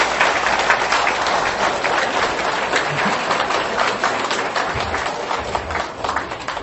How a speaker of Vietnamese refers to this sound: Xin quý vị một tràng pháo tay cho Hòa Thượng Giảng Sư.